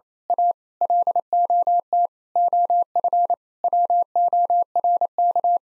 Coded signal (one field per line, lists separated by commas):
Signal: Morse code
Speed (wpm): 28 wpm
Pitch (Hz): 700 Hz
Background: none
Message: A LOT OF WORK